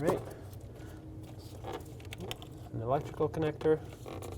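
An engine harness electrical connector is handled near its sensor plug during knock sensor replacement on a 2002–06 Toyota Camry, with faint ticks and rustles as someone talks. The connector has not yet been pushed home, and nothing has seated or clicked yet.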